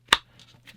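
A Buck Knives GCK Tanto Ground Combat Knife, a fixed-blade knife, is pushed into its thick thermoplastic molded sheath and snaps home with a sharp click at 0.1 s, followed by a few faint soft sounds. The knife is seated firmly, fitting perfectly with no rattle.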